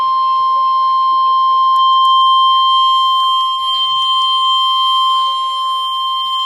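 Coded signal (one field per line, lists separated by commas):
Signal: Emergency Alert System (SAME) tones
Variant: 1050 Hz attention tone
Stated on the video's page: NOAA weather radio EAS severe thunderstorm warning.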